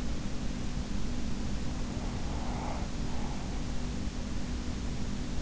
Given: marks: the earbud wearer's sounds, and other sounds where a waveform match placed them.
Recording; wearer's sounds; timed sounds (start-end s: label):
sounds in sleep by an in-ear microphone; breath
1.80-3.84 s: breath